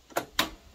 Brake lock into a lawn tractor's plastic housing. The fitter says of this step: oh i gotta go in here there we go and then it should snap all right